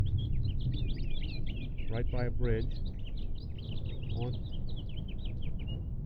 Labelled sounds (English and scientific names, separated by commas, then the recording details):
House Finch (Haemorhous mexicanus) song
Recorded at Hewlett Harbor on Long Island, New York, on 10 June 1975
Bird A